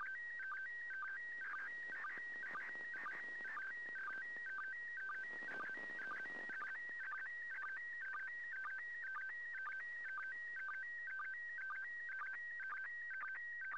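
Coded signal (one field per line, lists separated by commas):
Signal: SSTV (slow-scan television)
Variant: PD120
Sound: warbling tone hopping between two pitches, with brief low blips about twice a second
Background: radio static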